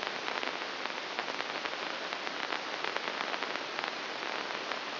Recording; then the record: brain microelectrode recording played as sound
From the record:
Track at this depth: inside the subthalamic nucleus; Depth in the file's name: 2.006 mm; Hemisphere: right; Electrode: 2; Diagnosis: Parkinson's disease